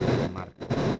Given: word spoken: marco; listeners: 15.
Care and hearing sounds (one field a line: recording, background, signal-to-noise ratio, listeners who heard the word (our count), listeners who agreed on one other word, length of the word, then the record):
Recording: one Spanish word in noise, from a listening test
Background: noise modulated by one talker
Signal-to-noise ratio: -10.5 dB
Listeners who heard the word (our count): 3 of 15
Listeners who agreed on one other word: 6 of 15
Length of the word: 0.60 s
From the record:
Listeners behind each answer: 6, 3, 2, 1, 1, 1, 1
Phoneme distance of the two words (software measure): 10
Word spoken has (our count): 2 syllables, 5 phonemes, stress on syllable 1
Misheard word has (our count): 2 syllables, 5 phonemes, stress on syllable 1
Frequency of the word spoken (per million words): 101.91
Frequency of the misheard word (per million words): 65.31